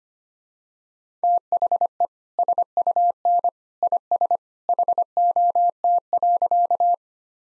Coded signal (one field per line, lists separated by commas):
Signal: Morse code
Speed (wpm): 25 wpm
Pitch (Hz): 700 Hz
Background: none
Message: THE SUN IS HOT.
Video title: Easy Sentences with Hints - 25wpm